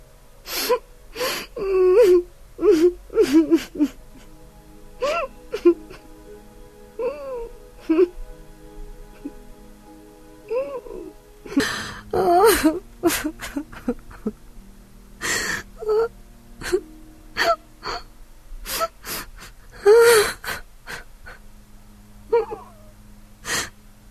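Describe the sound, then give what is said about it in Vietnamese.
A wife and her daughter wail and sob over the husband and father, their crying echoing through the house, with ragged gasping breaths between rising, quavering cries. The sobbing comes in uneven bursts and grows louder and more overlapping partway through. “Rồi vợ Ngọc Long bắt đầu khóc chồng mình, đứa con gái cũng khóc. Tiếng khóc não nề vang vọng cả nhà.”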